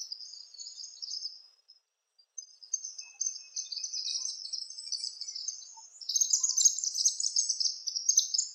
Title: Sanhaçu-do-coqueiro (Tangara palmarum)